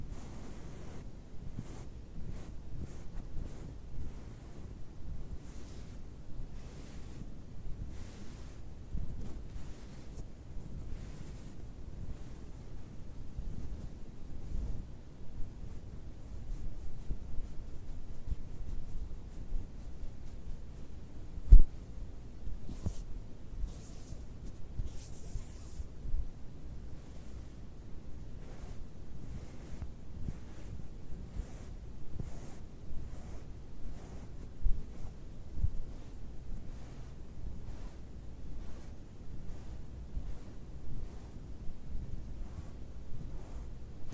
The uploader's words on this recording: ASMR FABRIC SOUNDS, FABRIC SCRATCHING, FABRIC RUBBING, ASMR NO TALKING TRIGGERS WITH TINGLES.